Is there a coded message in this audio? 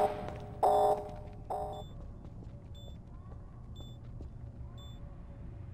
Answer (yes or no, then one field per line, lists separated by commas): no